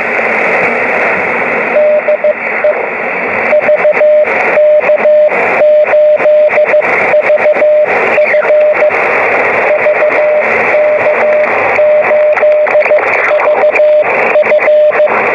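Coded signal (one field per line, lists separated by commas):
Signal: Morse code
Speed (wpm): 15 wpm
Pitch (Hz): 600 Hz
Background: radio noise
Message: DE VK8VF VK8VF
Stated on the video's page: 10 m (28 MHz) operation from the beach using a steerable beam based on a Wadetenna vertical.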